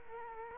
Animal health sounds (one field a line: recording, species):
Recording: mosquito wingbeat signal from an infrared sensor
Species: Culex quinquefasciatus